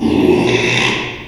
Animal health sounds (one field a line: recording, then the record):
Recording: squeal of a Yucatan mini pig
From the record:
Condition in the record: after surgery on the right vocal fold (resection and tissue-engineered implant)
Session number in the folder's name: 1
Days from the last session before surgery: 6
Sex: male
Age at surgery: 12 weeks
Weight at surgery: 13 kg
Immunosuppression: cyclosporine, prednisolone